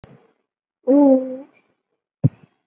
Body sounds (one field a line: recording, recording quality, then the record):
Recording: sustained vowel as in boot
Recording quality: poor, much background noise or distortion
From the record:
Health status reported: COVID-19 positive, moderate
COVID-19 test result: positive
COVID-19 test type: RT-PCR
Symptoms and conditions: cough, fever, fatigue, muscle pain, another condition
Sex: female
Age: 35 years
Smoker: no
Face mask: worn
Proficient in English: yes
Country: India